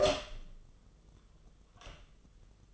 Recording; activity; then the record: daily activity, microphone in the room; open door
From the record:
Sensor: 4